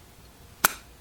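A handgun is pushed into a polycarbonate-shelled holster and snaps into its retention with one sharp, bright click at 0.6 seconds, ringing briefly over a quiet background. The pistol is locked in place and seated securely.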